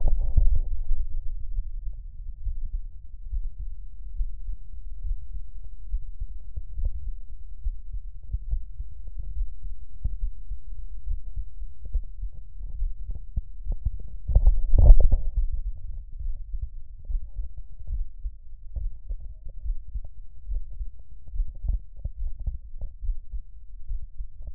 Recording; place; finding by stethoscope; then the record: heart sounds by stethoscope; mitral valve (MV); normal heart sounds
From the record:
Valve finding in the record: mitral regurgitation, grade 1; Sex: male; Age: 57 years